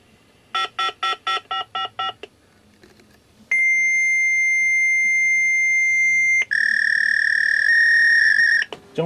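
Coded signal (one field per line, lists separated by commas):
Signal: fax machine handshake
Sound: seven quick buzzy beeps, a long steady high tone, then a warbling trilling tone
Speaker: go to receive [Music] start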